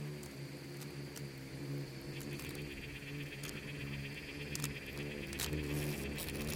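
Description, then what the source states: Insects: low droning buzz from swarming insects growing slightly louder, with jingling ticks and clicks scattered across and a steady high whine. Bugs and beetles swarming in the Namib desert, among the micro-sounds of a desert soundscape that seems quiet at first listen.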